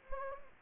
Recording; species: mosquito wingbeat signal from an infrared sensor; Anopheles gambiae